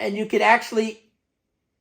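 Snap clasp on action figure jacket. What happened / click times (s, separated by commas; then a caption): The small snap is handled but has not closed yet / none. Someone talks while handling the small metal snap clasp on the cloth jacket of a 1970s Hasbro GI Joe Adventure Team action figure, getting ready to close it. Nothing has snapped shut or seated yet.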